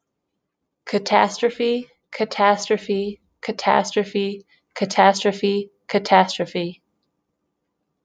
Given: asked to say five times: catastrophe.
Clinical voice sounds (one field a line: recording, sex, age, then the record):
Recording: repeated word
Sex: female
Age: 20 to 29 years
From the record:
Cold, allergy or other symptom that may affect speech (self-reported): no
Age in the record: 26 years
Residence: Indiana, United States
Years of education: 16